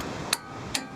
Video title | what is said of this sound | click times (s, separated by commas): Suspension Rebuild | And you tighten until it clicks. | 0.3 s